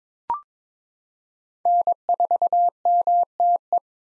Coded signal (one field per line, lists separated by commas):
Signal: Morse code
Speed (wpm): 22 wpm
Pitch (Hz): 700 Hz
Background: none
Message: N4MTE